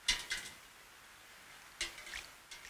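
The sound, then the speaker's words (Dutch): A large red American crayfish, found crawling across a terrace at the Naardermeer in the Netherlands, stirs in a shallow dogs' water bowl, making two short bursts of faint splashing and scrabbling clicks separated by a quiet pause, with no voices. “Ik heb hem maar even in de waterbak voor de honden gedaan.”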